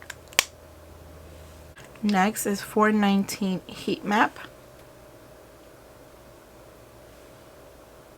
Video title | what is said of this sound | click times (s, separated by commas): New Makeup - CLÉ DE PEAU, DANESSA MYRICKS, TOM FORD, SHISEIDO, YSL | it has so far in a certain way or it won't click but it is magnetic | 0.4 s